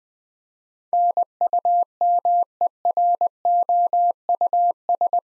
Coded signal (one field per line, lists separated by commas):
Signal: Morse code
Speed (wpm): 20 wpm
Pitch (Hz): 700 Hz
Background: none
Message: NUMEROUS